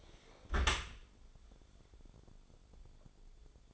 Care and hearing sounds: daily activity, microphone in the room; close dishwasher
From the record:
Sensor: 5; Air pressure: 1015.0 hPa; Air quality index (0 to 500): 131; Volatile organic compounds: 3 ppm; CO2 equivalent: 1410 ppm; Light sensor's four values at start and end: 37/89/36/40 and 38/90/37/40

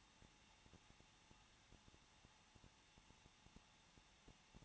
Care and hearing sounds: daily activity, microphone in the room; no activity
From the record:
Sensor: 1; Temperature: 20.1 degrees Celsius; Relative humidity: 39.4%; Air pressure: 1006.4 hPa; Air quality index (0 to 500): 219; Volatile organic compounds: 81 ppm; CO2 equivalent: 3619 ppm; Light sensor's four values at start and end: 1/2/1/1 and 1/2/1/1

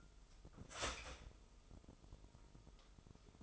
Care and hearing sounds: daily activity, microphone in the room; start toaster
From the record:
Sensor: 5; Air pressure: 988.7 hPa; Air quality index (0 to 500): 233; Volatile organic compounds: 186 ppm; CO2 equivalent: 4165 ppm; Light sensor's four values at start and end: 40/124/48/51 and 40/124/48/51

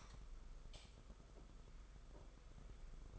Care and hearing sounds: daily activity, microphone in the room; light on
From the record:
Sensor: 5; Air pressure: 991.2 hPa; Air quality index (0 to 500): 106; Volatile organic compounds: 21 ppm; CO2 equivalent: 2736 ppm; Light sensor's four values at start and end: 18/42/17/19 and 19/48/19/21

